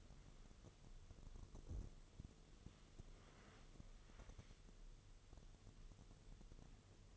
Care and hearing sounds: daily activity, microphone in the room; wipe stove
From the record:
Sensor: 4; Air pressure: 1015.9 hPa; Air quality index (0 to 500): 104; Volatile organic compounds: 2 ppm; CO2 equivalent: 1167 ppm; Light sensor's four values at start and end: 9/19/7/7 and 8/19/7/7

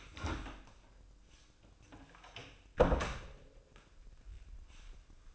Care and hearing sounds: daily activity, microphone in the room; close door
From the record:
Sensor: 2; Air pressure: 1012.2 hPa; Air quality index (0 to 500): 158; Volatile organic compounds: 2 ppm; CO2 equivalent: 1159 ppm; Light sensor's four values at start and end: 422/1060/431/454 and 426/1069/435/458

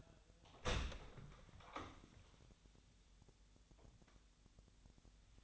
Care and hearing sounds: daily activity, microphone in the room; open door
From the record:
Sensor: 3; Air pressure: 1007.1 hPa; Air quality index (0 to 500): 204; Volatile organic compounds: 18 ppm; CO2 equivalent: 2606 ppm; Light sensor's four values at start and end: 12/28/12/12 and 12/28/12/12

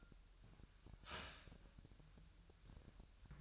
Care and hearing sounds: daily activity, microphone in the room; start toaster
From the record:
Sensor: 2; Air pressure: 1001.9 hPa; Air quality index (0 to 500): 246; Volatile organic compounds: 38 ppm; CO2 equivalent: 3111 ppm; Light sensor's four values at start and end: 9/30/12/11 and 9/30/12/11

